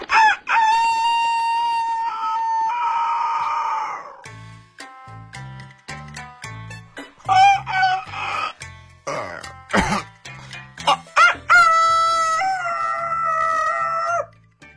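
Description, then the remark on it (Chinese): A big rooster, just stepped out of its coop and strutting with wings spread, crows several times in long, loud, strained calls rich in harmonics, with short choppy bursts and low thumping pulses between the crows. “哎呀，每天呀我听着我这公鸡一叫啊我就得起来，关键是他还给我唱数来宝，天天催我早早早。”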